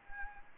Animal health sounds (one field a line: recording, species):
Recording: mosquito wingbeat signal from an infrared sensor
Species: Anopheles gambiae